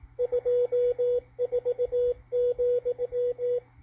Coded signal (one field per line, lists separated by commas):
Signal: Morse code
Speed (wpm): 19 wpm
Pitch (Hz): 490 Hz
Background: radio noise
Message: 24,